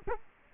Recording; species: mosquito wingbeat signal from an infrared sensor; Culex quinquefasciatus